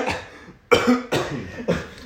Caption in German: Habe ich mich voll verschluckt. Ich huste auch.